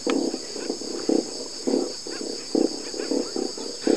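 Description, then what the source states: South American silver croakers in chorus underwater: short, buzzy drumming pulses repeated several times a second in a continuous croaking rhythm over a steady hiss. Corvinas vocalizing underwater in the Guaporé River, heard from a boat; at first mistaken for frogs.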